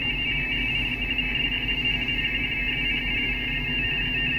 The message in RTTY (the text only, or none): HA1SN HA1SN TEST